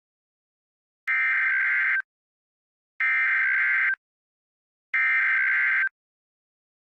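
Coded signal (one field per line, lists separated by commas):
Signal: Emergency Alert System (SAME) tones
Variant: header bursts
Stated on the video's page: Fictional EAS scenario about tornadoes, made with valid tones.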